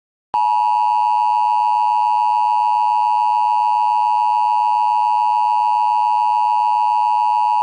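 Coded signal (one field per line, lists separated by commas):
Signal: Emergency Alert System (SAME) tones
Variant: 853 and 960 Hz attention tone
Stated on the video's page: Fictional EAS scenario; simulated alert tones.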